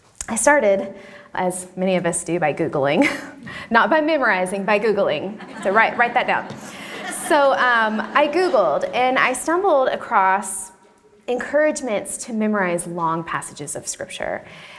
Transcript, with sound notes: I started, as many of us do, by googling—not by memorizing, but by googling. Write that down. (laughter) So, I googled, and I stumbled across encouragement to memorize long passages of Scripture.